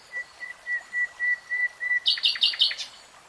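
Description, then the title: Nightingale song: a string of pure, evenly spaced whistled notes on one pitch, then a burst of rapid harsh repeated notes. Real-time recording of a nightingale singing. "[Tiếng chim hót] 3 Hours REALTIME Nightingale Singing"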